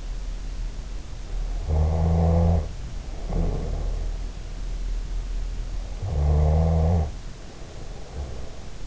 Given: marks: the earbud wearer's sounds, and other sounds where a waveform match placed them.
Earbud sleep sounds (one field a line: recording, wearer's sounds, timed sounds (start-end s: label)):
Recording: sounds in sleep by an in-ear microphone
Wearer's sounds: snoring breath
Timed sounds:
1.57-4.05 s: snoring breath
5.74-8.87 s: snoring breath